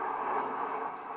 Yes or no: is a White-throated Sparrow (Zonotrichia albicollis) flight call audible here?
no